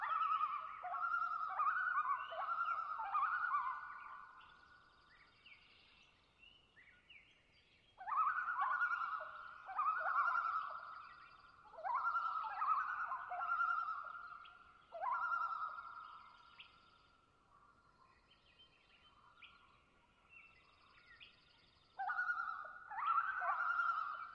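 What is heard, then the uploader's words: A midnight spring chorus in boreal forest: a loud bird sings ringing, mid-pitched phrases with bright overtones, in bursts of a few seconds each at the start and around 8, 12, 15 and 22 seconds. Quiet, still pauses fall between phrases. I spent a night in a bed of moss, listening to the sounds of Springtime Alaskan boreal taiga in the twilight. Location: Long Lake, Talkeetna, AK Weather: variable over the course of the night, 49-61°F, light to no wind. Clear lake in a hilly boreal taiga, dominated by White Spruce, Bird, and thick beds of diverse mosses. Long Lake, a mid-night chorus.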